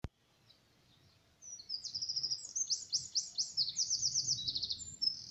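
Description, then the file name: Eurasian wren song, a loud high rapid outpouring of trills and sharp notes starting after a quiet opening and running about four seconds, with a faint low rumble beneath. "Troglodytes troglodytes"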